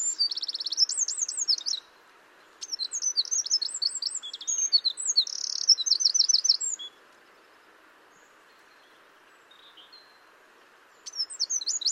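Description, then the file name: Eurasian wren song: loud rapid high trills and rattling notes in two bursts, a pause, then another outburst near the end; faint steady background hiss. "Troglodytes troglodytes"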